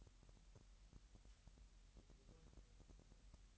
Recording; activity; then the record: daily activity, microphone in the room; take from stove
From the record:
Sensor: 3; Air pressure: 1002.0 hPa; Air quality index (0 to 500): 246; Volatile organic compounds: 49 ppm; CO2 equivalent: 3277 ppm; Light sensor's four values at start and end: 6/15/6/6 and 6/15/6/6